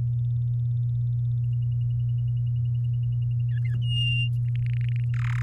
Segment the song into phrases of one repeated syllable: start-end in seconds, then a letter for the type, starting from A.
3.50-3.75 A, 3.81-4.29 B, 4.48-5.04 C, 5.14-5.42 D